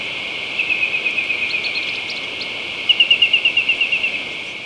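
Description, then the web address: Rufous antpitta with a faint early series of notes, then a clearer rapid run of about ten whistled notes that gradually fade away, over constant hiss. Recorded in Ecuador. "Birds of Ecuador 2. Rufous Antpitta"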